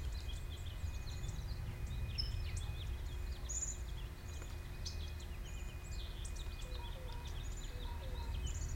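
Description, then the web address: Bird calls, busy high chirps and short notes, with a few softer lower whistled notes near the end, all over constant low-pitched noise. Recorded 9 January 2015. "bird 150109"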